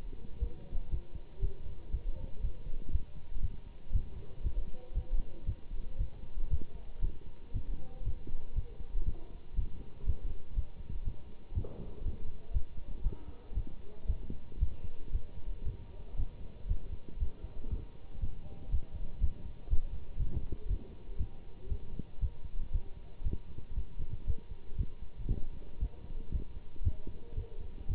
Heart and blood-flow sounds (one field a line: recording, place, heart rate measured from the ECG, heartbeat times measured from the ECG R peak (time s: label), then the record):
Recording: heart sounds by stethoscope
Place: between the tricuspid and mitral areas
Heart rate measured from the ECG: 118 bpm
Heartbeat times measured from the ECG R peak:
0.39 s: heartbeat
0.90 s: heartbeat
1.41 s: heartbeat
1.91 s: heartbeat
2.41 s: heartbeat
2.91 s: heartbeat
3.41 s: heartbeat
3.92 s: heartbeat
4.43 s: heartbeat
4.94 s: heartbeat
5.46 s: heartbeat
5.98 s: heartbeat
6.49 s: heartbeat
7.01 s: heartbeat
7.53 s: heartbeat
8.04 s: heartbeat
8.55 s: heartbeat
9.05 s: heartbeat
9.55 s: heartbeat
10.05 s: heartbeat
10.55 s: heartbeat
11.04 s: heartbeat
11.54 s: heartbeat
12.03 s: heartbeat
12.53 s: heartbeat
13.03 s: heartbeat
13.54 s: heartbeat
14.07 s: heartbeat
14.59 s: heartbeat
15.12 s: heartbeat
15.64 s: heartbeat
16.16 s: heartbeat
16.68 s: heartbeat
17.19 s: heartbeat
17.70 s: heartbeat
18.20 s: heartbeat
18.70 s: heartbeat
19.20 s: heartbeat
19.69 s: heartbeat
20.18 s: heartbeat
20.68 s: heartbeat
21.18 s: heartbeat
21.69 s: heartbeat
22.20 s: heartbeat
22.72 s: heartbeat
23.23 s: heartbeat
23.75 s: heartbeat
24.26 s: heartbeat
24.77 s: heartbeat
25.28 s: heartbeat
25.79 s: heartbeat
26.32 s: heartbeat
26.83 s: heartbeat
27.35 s: heartbeat
27.87 s: heartbeat
From the record:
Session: Bruce protocol treadmill stress test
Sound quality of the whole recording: good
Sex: male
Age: 24 years